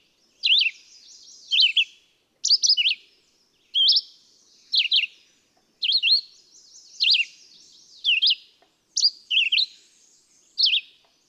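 Red-eyed vireo delivering repeated short slurred whistles, about one phrase per second, each phrase a bit different.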